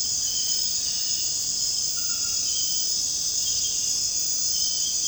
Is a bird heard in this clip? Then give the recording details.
no. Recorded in secondary vegetation near Puerto Asís, Putumayo, Colombia, on 13 March 2025 at 00:00. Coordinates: 0.502, -76.326. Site G100